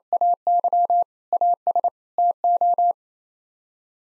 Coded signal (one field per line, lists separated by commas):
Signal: Morse code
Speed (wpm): 27 wpm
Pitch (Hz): 700 Hz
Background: none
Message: AY AS TO